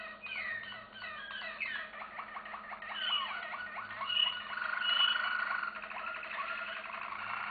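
Canary song: a continuous run of warbling trills and quick, buzzy rolls with a few clear, higher notes midway, over a low steady hum.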